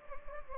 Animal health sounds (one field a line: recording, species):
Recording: mosquito wingbeat signal from an infrared sensor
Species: Anopheles gambiae